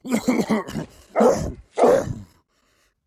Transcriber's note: inhales excitedly; cough exhale; barks